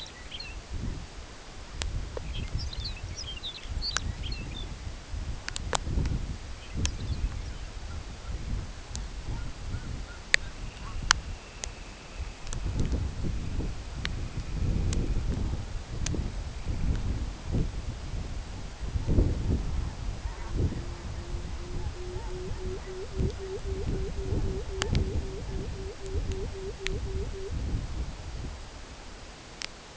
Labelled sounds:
Lapland Longspur (Calcarius lapponicus), unidentified sound, Dunlin (Calidris alpina), Pectoral Sandpiper (Calidris melanotos)

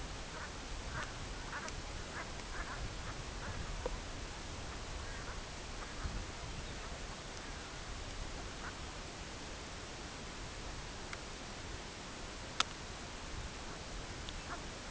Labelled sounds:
unidentified sound, Lapland Longspur (Calcarius lapponicus)

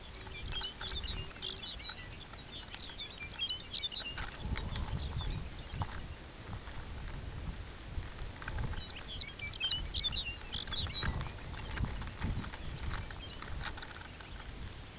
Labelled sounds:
Pectoral Sandpiper (Calidris melanotos), Lapland Longspur (Calcarius lapponicus), unidentified sound

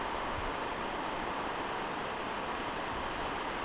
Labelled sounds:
none

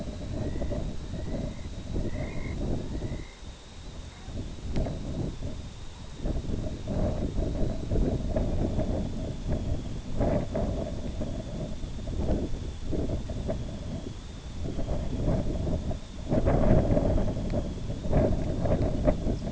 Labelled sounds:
Dunlin (Calidris alpina), Brent Goose (Branta bernicla), unidentified sound

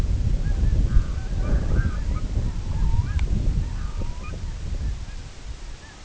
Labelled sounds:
unidentified sound, Red-throated Loon (Gavia stellata)

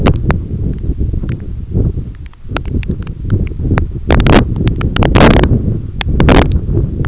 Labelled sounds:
none

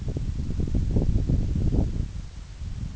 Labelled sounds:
none

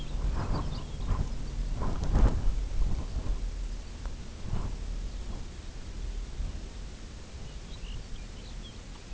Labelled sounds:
Lapland Longspur (Calcarius lapponicus), unidentified sound

